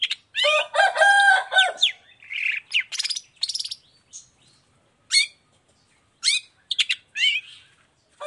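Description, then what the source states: Long-tailed shrike singing a varied medley, opening with loud harmonic notes, then separated sharp chirps with pauses between. Long-tailed shrike in full song in the morning, with 'toet toet' notes, varied clear-voiced phrases; offered as a model for other shrikes to imitate.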